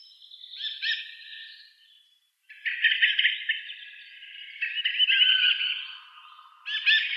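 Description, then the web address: Dusky thrush calling with repeated rasping, chattering bursts separated by thin trailing notes and one short silent gap. "Schulze Peter Dusky Thrush"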